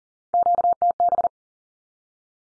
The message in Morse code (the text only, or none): QTB